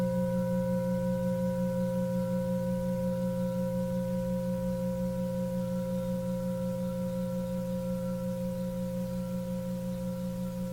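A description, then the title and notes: A Tibetan singing bowl rings in a long, sustained tone, its low hum pulsing gently in a slow, steady wobble. Clear higher overtones sit above it and hold evenly for the whole clip, with the loudness fading only slightly toward the end. Tibetan Singiing Bowl のサウンドヒーリングチャンネル LIVE.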